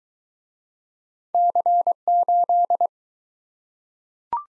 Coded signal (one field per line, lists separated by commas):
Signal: Morse code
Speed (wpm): 22 wpm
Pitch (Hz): 700 Hz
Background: none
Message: C8